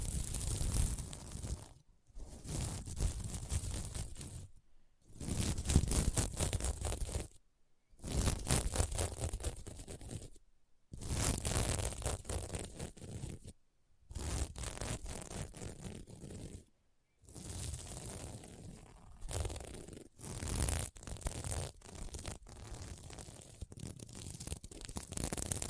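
Sequins on a mermaid pillow being scratched in repeated strokes, each a dense, crackly scraping burst lasting one to three seconds. Short silent gaps separate the strokes, and toward the end the bursts come faster and more unevenly. The texture is rough and bright.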